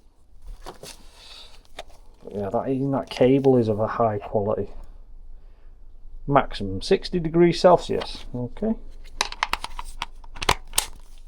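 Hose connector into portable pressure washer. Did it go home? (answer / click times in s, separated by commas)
yes / 10.8 s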